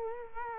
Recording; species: mosquito wingbeat signal from an infrared sensor; Culex quinquefasciatus